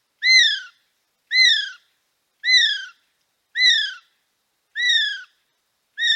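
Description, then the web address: Kiwi giving a steady series of six shrill whistles, each sharply rising then sliding down, repeated about once a second with clean silence between them. "sound Kiwi. صدای-پرنده-کیوی"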